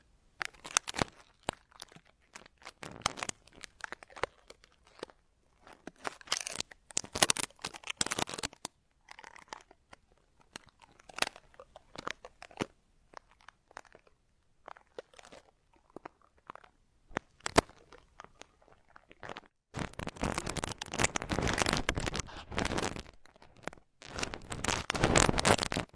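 Ultra-fine ear touching makes crisp, crunchy crackles and scratchy rustles that come in irregular bursts with short silent gaps. From about twenty seconds the rubbing turns louder, denser and more continuous, with bright rough friction filling the last stretch.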